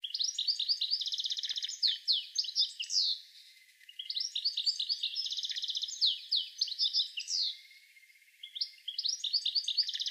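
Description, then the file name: European goldfinch twittering song: rapid, tinkling, buzzy chirps in bursts of about three seconds separated by short pauses, three bursts in all, the last cut short. "Carduelis carduelis"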